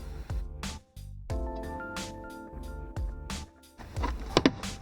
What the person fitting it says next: There you go. Listen for the clicks.